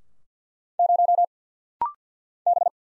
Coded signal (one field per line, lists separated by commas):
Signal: Morse code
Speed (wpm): 50 wpm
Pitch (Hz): 700 Hz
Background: none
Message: 0 B